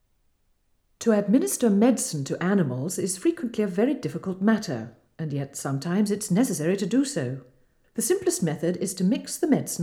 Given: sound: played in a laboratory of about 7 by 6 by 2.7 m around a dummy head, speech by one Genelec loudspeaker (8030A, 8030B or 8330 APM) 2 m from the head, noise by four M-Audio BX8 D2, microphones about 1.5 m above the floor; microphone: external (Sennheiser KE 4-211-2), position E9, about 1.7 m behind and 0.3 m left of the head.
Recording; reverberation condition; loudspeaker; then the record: female speech in English; medium; behind (180 degrees)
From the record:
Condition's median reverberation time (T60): about 510 ms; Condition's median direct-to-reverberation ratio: about -0.5 dB